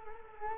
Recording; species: mosquito wingbeat signal from an infrared sensor; Culex quinquefasciatus